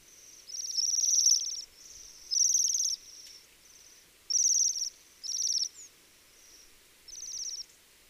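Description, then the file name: Bohemian waxwing calls: high, buzzy trilled notes in short bursts. "Sidensvans"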